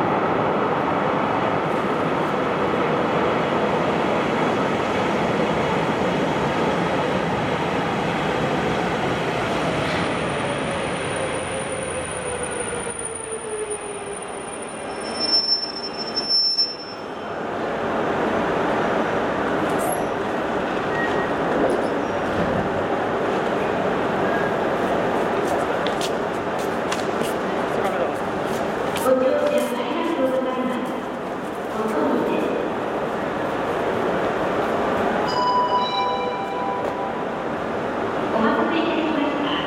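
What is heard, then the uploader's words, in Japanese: A train in Hokkaido rolls along with a dense, steady rumble and rattle for most of the clip. A high whine appears near ten seconds and a descending tone slides down around fifteen, followed by a brief lull near seventeen seconds. Afterward the rumble returns, with clicks and short squeals near thirty and thirty-six seconds. 2018年10月北海道の列車。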